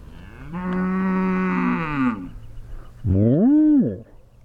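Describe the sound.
Cattle moo: a long, even moo, a brief pause, then a louder, shorter moo that rises and falls.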